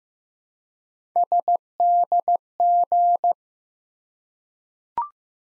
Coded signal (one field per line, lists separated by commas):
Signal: Morse code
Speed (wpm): 15 wpm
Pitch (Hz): 700 Hz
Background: none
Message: SDG